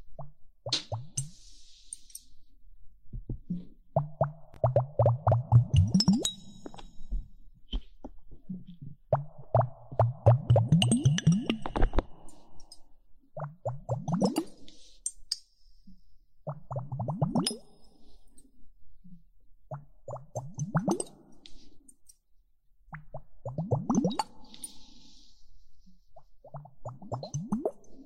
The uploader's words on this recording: Water droplets and hourglass.